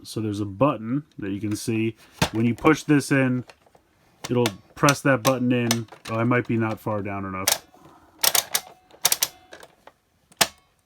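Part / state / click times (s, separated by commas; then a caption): plastic connector on a toy transporter trailer / seated / 10.4 s. Someone talks while working the plastic connector on a DX Braver Transporter toy trailer (Tomica Heroes Jobraver), which is first not pushed far enough down. A few light plastic clicks and taps follow around 8.3–9.2 s as it is pressed further in. The connector latches with a sharp click at 10.4 s, seating into place.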